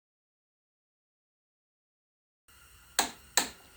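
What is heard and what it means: A torque wrench set to 20 tightens the next fastener on a Case D engine during assembly. After about 2.5 seconds of silence, a low background hiss begins, a sharp tick comes at 3.0 s, and the wrench's click follows at 3.4 s. The wrench reaches its setting, and the fastener is confirmed good to go.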